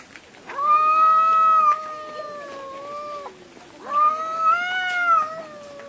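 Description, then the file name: Cat meowing twice, each a long, drawn-out, slightly wavering meow. "miaow"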